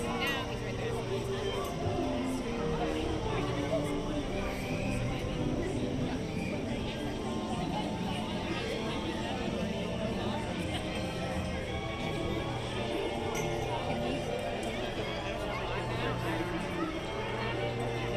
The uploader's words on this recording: Alice in Wonderland Corner, Disneyland Park Binaural Recording. Alice in Wonderland corner in Fantasyland at Disneyland Park. The sounds/ambience found on both the Mad Tea Party and Alice in Wonderland attractions.